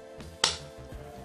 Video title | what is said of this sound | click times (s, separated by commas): Tranya B530 Vs. TOZO T10 TWS Earbuds and Review! | it's no clicking or clamping together it just snaps shut so | 0.4 s